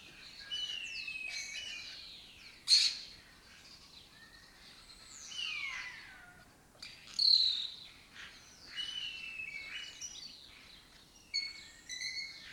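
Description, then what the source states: Lesser kestrel calls: harsh rasping bursts near three and seven seconds, amid thin whistled and chirping notes throughout. Breeding colony in an abandoned building in Doñana; migratory raptor that forages in West Africa and breeds in southern Europe.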